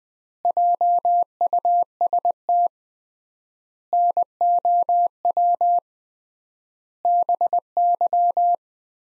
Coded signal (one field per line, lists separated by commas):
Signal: Morse code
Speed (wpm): 20 wpm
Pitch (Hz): 700 Hz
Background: none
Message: JUST NOW BY